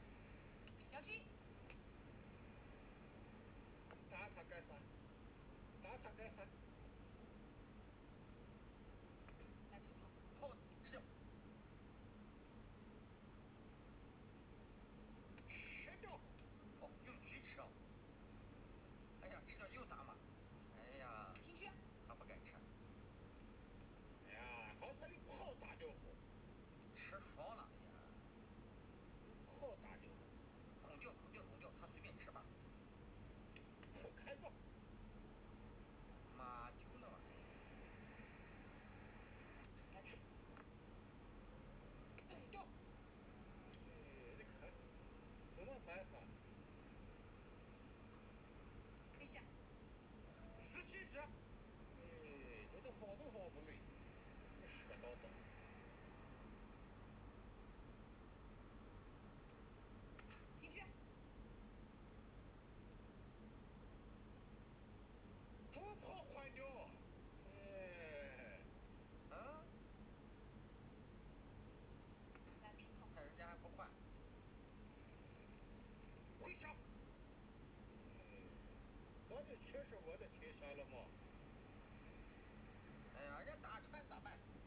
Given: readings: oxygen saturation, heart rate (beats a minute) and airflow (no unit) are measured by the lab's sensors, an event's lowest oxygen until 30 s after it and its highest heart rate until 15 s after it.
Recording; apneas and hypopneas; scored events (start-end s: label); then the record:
a person awake in a sleep study, by a voice recorder at the bedside; none
0.00-84.67 s: awake
From the record:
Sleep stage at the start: awake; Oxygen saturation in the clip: 94 to 96%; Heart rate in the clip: 74 to 80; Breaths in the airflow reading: 22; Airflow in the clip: -4.0 to 5.8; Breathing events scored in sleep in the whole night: 131 in 7.2 hours asleep